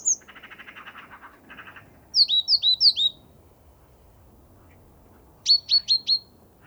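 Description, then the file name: Great tit: a rasping, buzzy chatter at first, then a run of loud, sharp high notes and later another short run. "Parus major"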